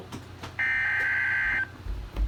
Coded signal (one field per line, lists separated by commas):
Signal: Emergency Alert System (SAME) tones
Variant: header bursts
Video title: EAS 46 SVR, 70 MPH WIND GUSTS